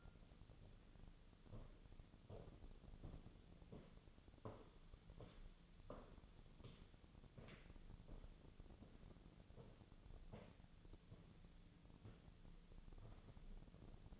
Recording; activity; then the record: daily activity, microphone in the room; walk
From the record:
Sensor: 4